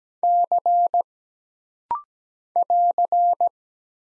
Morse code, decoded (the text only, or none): C <AR>